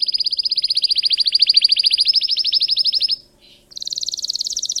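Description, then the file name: Canary song: a long quick trill, a short break with soft notes, then a higher rapid trill. Singing Belgian canary, red frosted colour variety. "canto do canario belga vermelho nevado"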